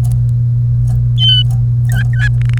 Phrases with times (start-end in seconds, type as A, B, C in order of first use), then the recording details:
1.89-2.28 A, 2.42-2.58 B. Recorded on 1 May 2018 at 11:02. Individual llb3